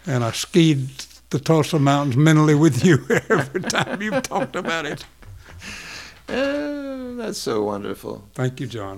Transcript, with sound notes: I skied the Tulsa Mountains mentally with you every time you talked about it.
(Laughing) Oh, that's so wonderful.
Thank you, John.